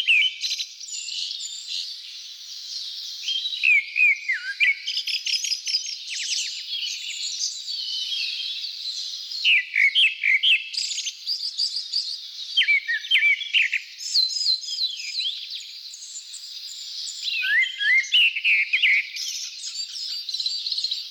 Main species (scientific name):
Turdus hortulorum